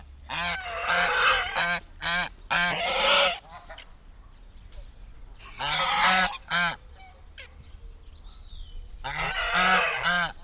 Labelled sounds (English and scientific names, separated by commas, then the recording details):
Swan Goose (Anser cygnoides) call
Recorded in the wild
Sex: pair
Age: adult
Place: Dahme/Mark, Brandenburg, DE
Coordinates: 51.87, 13.43
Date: 1995-04-29 17:43
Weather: heiter, 14°C
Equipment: Marantz CP 430, Sennheiser ME 80, Kopie Uher 4000 Report Monitor
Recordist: Tembrock, Günter